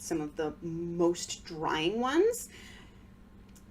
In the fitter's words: The cap does not stay on.